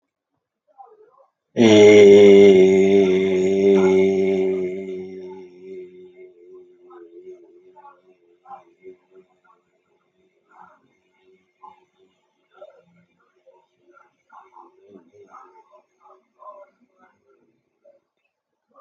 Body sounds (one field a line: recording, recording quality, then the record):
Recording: sustained vowel as in made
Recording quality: excellent, no background noise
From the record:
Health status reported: healthy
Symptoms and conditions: none ticked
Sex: male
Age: 41 years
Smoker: not ticked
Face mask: not worn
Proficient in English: yes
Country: India